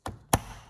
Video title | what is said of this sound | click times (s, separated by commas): Replace 2018 Chrysler Pacifica main primary battery 2017-2024 | Push in until it clicks and is locked in place. | 0.3 s